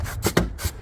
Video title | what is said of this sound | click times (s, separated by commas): Mercedes-Benz S560 Air Filter Replacement - Step-by-Step DIY Tutorial #MercedesBenz #S560 #AirFilter | All right, as long as you hear the snap. | 0.4 s